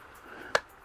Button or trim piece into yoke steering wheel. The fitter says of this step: those are locked in there